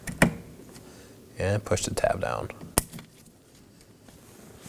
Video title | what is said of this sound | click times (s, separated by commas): How to Replace Front Window Regulators 2018-2024 Chevrolet Equinox | going to slide it in. Make sure you hear that click. | 0.2 s